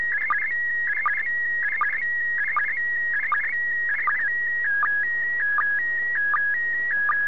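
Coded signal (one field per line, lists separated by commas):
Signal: SSTV (slow-scan television)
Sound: warbling tone shifting between steady pitches, with short low chirps about every 0.75 seconds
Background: radio static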